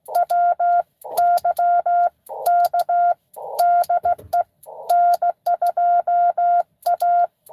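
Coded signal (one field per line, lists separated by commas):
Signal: Morse code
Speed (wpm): 16 wpm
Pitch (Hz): 700 Hz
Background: none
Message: WYK DE N2A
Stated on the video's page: Live park activation (POTA).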